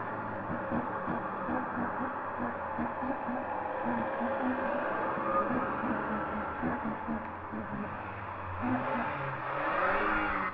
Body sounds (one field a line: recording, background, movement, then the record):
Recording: throat clearing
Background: traffic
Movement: sitting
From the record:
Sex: female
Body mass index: 36.4 kg/m2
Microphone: on the chest, facing the body